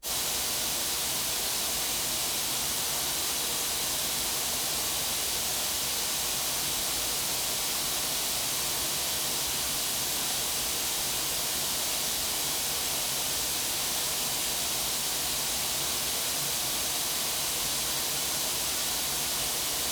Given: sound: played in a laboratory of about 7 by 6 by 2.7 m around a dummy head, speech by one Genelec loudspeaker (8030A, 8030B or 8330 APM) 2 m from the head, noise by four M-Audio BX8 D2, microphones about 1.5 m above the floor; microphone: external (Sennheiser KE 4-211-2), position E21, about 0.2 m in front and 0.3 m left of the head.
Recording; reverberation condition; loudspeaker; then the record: white noise; medium; four, about 170 cm from the corners of the room and facing them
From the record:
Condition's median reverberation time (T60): about 510 ms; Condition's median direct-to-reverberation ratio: about -0.5 dB